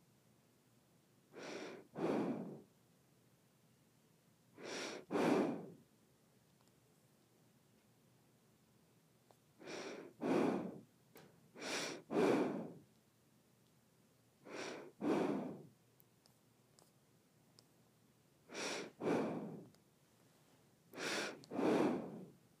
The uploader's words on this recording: ASMR Nose Breathing.